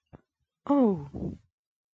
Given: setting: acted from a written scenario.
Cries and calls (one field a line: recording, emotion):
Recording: vocal sound without words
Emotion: fear